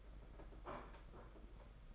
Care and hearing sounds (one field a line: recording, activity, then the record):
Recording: daily activity, microphone in the room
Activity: place plate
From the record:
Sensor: 5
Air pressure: 991.9 hPa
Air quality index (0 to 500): 165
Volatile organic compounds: 389 ppm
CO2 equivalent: 4653 ppm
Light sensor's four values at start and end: 31/107/39/42 and 31/106/39/42